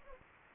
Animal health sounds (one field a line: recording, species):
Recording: mosquito wingbeat signal from an infrared sensor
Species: Anopheles gambiae